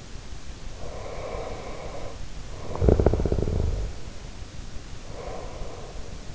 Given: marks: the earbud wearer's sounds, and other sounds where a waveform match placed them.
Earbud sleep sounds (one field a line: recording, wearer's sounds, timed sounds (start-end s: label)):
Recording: sounds in sleep by an in-ear microphone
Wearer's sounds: talking in sleep, teeth grinding, breath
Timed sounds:
0.75-3.94 s: talking in sleep
2.67-3.79 s: teeth grinding
5.07-6.34 s: breath